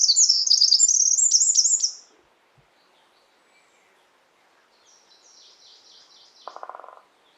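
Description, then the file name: Eurasian wren song, a loud burst of fast, high, jingling notes for two seconds, a softer high phrase later, then a short low buzzing sound. "Troglodytes troglodytes"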